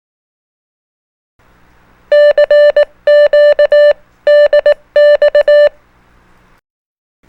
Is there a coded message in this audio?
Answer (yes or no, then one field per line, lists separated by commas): yes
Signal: Morse code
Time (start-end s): 2.1-5.7 s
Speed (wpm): 18 wpm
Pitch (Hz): 590 Hz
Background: none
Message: CQ DX